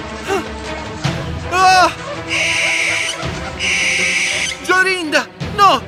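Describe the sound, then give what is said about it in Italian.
A small owl gives a series of shrill, wavering screeches, with two longer raspy, hissing cries between the sharper calls, all fairly loud with no talking. “Tutto ad un tratto una civetta dagli occhi ardenti le volò attorno 3 volte e per 3 volte gridò: ah!”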